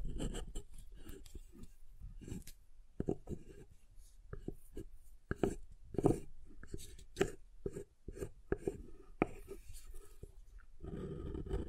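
Soap being tapped and carved: irregular crisp taps and scrapes throughout, with a soft low rumble and a denser scraping stretch near the end.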